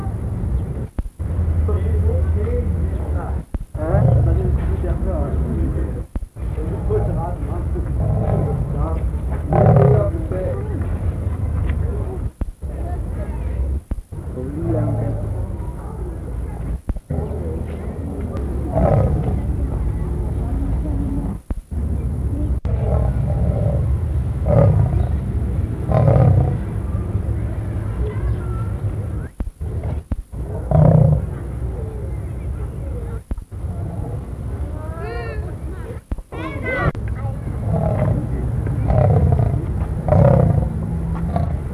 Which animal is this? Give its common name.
Leopard